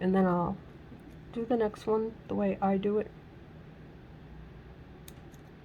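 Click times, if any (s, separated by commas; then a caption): 5.1 s. Someone talks, then a small metal jump ring on a wire-wrapped pendant is closed with two pairs of pliers. The wire ends meet with a small, sharp click at 5.1 s, showing the ring closed perfectly and is lined up.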